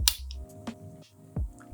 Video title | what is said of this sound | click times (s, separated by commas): Werkzeuge richtig spannen mit Drehmomentschlüssel und SPINOGY Motorspindel | way round until it snaps into place. | 0.1 s